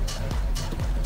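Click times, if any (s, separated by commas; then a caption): none. A heavy cap is handled over a perfume bottle while music plays, with brief handling noises around 0.1 and 0.3 seconds. The cap has not yet clicked or locked into place by the end of the clip.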